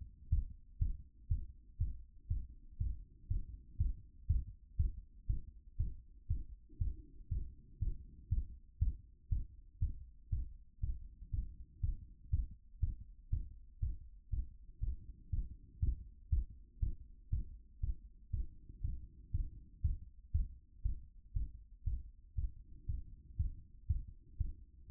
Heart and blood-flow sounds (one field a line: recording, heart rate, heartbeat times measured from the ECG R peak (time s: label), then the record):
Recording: heart sounds by stethoscope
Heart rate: 120 bpm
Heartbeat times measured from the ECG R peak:
0.29 s: heartbeat
0.78 s: heartbeat
1.28 s: heartbeat
1.77 s: heartbeat
2.27 s: heartbeat
2.77 s: heartbeat
3.27 s: heartbeat
3.77 s: heartbeat
4.26 s: heartbeat
4.76 s: heartbeat
5.26 s: heartbeat
5.76 s: heartbeat
6.27 s: heartbeat
6.78 s: heartbeat
7.28 s: heartbeat
7.78 s: heartbeat
8.28 s: heartbeat
8.78 s: heartbeat
9.28 s: heartbeat
9.79 s: heartbeat
10.29 s: heartbeat
10.80 s: heartbeat
11.30 s: heartbeat
11.80 s: heartbeat
12.30 s: heartbeat
12.79 s: heartbeat
13.29 s: heartbeat
13.79 s: heartbeat
14.29 s: heartbeat
14.79 s: heartbeat
15.29 s: heartbeat
15.79 s: heartbeat
16.29 s: heartbeat
16.79 s: heartbeat
17.29 s: heartbeat
17.80 s: heartbeat
18.30 s: heartbeat
18.81 s: heartbeat
19.31 s: heartbeat
19.81 s: heartbeat
20.31 s: heartbeat
20.81 s: heartbeat
21.32 s: heartbeat
21.83 s: heartbeat
22.34 s: heartbeat
22.85 s: heartbeat
23.36 s: heartbeat
23.86 s: heartbeat
24.37 s: heartbeat
24.87 s: heartbeat
From the record:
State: after exercise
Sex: male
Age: 53 years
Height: 175 cm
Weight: 88 kg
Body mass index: 28.73